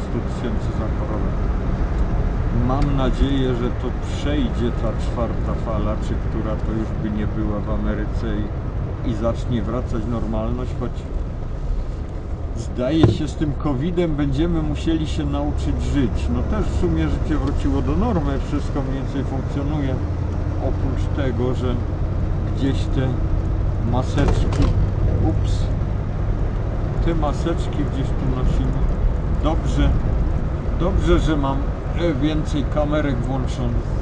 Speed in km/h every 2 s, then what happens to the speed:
70, 71, 66, 59, 51, 44, 39, 41, 41, 51, 54, 55, 59, 63, 64, 62, 62.
3-12 brakes to 39. 12-26 speeds up to 63. 26-34 steady at about 62.